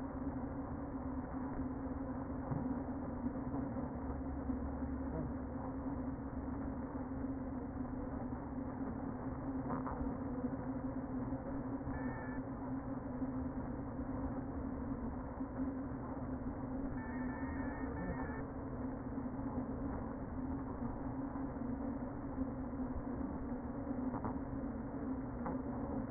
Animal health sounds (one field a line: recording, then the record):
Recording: honeybee colony, microphone inside the hive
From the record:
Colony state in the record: queen present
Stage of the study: before two queens were removed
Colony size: about 60,000 bees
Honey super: yes